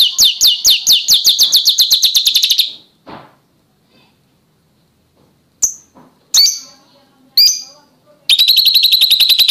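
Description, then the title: Oriental magpie-robin song opening with a long, fast stuttering trill, then quiet, a few piercing high chirps, and another rapid rattle at the end. "Kicau Kacer"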